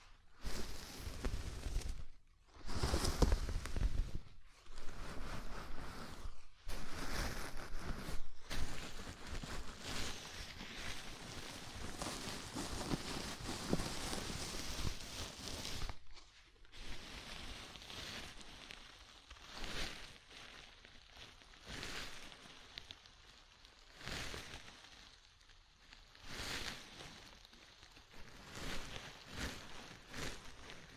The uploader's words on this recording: ASMR Sleepy Scalp Massage (No Talking).